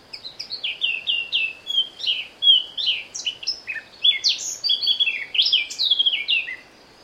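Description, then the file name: Eurasian blackcap song: continuous rich warbling, a rapid jumble of chattering notes flowing into loud clear fluted whistles and slurred descending phrases, lasting about six seconds. "Sylvia atricapilla"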